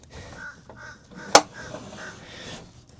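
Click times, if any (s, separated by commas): 1.4 s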